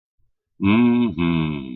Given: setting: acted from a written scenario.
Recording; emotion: vocal sound without words; contentment